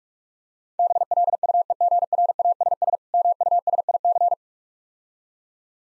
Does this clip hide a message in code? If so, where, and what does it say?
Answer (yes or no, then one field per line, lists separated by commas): yes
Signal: Morse code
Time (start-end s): 0.8-4.3 s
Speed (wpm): 46 wpm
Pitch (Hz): 700 Hz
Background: none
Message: BLUEGRASS MUSIC